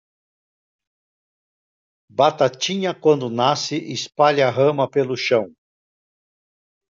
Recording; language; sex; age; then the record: short text; Brazilian Portuguese; male; 60 to 69 years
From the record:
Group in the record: control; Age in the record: 66 years